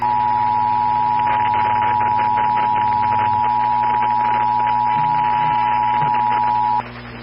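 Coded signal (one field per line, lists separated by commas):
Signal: Emergency Alert System (SAME) tones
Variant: 853 and 960 Hz attention tone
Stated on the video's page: EAS alert carried on DIRECTV satellite TV.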